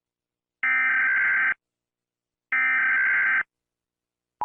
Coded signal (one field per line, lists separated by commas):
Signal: Emergency Alert System (SAME) tones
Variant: header bursts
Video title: NHL. Hockey Riots EAS scenerio. ( READ DESC.)